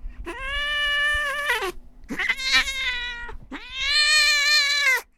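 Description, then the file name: Cat letting out three long, loud, strained yowls, each over a second, the last one steady and drawn out before silence. Angry cat. "MAD CAT"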